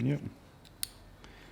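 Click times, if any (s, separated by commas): 0.8 s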